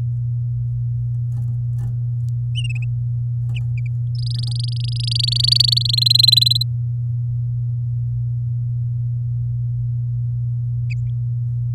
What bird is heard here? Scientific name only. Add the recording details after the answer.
Serinus canaria. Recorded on 11 May 2018 at 07:44. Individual llb16